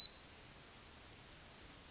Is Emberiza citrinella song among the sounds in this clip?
no